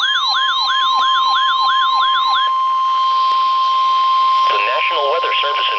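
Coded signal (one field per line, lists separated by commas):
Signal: Emergency Alert System (SAME) tones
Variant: 1050 Hz attention tone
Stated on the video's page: Flood warnings from NWS State College PA and Mount Holly NJ received on RadioShack 12-382, Midland WR-100 and RadioShack 12-993 weather radios; State College warnings sent as double headers.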